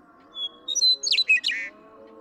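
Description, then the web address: Western meadowlark song: a few clear whistled notes, then a quick jumbled burst of bright gurgling warbles, lasting about one and a half seconds. "birdsongforthecurious songs Western Meadowlark"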